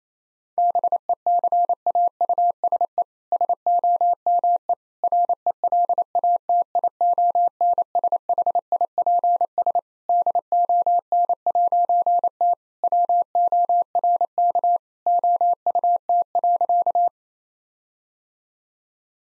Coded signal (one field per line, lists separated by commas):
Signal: Morse code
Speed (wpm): 27 wpm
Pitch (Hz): 700 Hz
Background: none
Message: BECAUSE SOME RELATIONSHIPS DON'T WORK OUT.